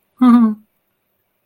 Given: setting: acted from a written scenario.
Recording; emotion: vocal sound without words; distress